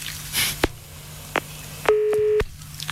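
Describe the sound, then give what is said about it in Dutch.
Telephone dialing to call André Hazes: a few sharp clicks, then a steady electronic tone lasting about half a second, set over a faint low hum, with no voices. “Als we André Hazes nou eens even bellen”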